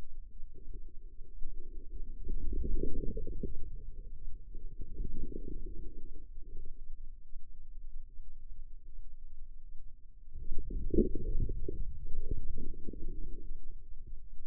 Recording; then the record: forearm muscle sounds (acoustic myography)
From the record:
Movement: inward rotation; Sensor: system 2, bracelet of six BSWA MPA416 microphones around the upper forearm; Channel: 2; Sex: female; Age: 25 years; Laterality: right